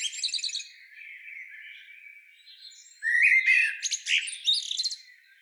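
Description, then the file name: Eurasian blackbird with soft scratchy twittering, then a louder burst of rich warbling notes mixed with high chirps near the end. "Turdus merula"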